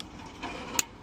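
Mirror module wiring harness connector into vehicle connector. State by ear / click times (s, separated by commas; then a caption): seated / 0.8 s. A plastic wiring harness connector from an auto folding mirror module on a Ford Ranger is pushed into the vehicle's connector behind the dash. Soft handling noise builds from about 0.4 s, then a single sharp, bright click sounds at 0.8 s as the connector latches and is seated.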